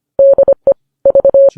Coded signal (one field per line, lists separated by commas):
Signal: Morse code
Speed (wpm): 25 wpm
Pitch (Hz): 550 Hz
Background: none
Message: DE V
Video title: Lviv: Another crushing blow—Episode 80 of the first English podcast on the Eastern Front of World Wa